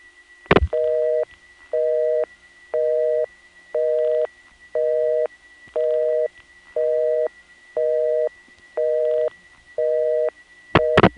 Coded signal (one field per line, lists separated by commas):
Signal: telephone call progress tone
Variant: North America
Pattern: busy tone